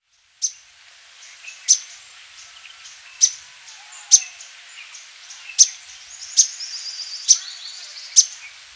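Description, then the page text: Thick-billed flowerpecker giving sharp, very high ticking calls, single clicks spaced about one second apart, with faint softer chips between them. "Thick-Billed Flowerpecker Calls. Quick Sounds"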